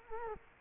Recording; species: mosquito wingbeat signal from an infrared sensor; Culex quinquefasciatus